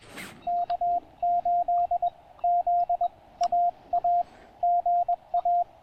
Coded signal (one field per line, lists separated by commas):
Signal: Morse code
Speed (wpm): 20 wpm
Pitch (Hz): 690 Hz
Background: radio noise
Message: K8ZAA GA